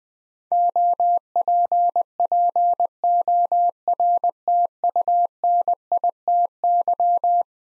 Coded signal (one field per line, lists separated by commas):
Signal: Morse code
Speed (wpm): 20 wpm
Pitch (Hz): 700 Hz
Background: none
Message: OPPORTUNITY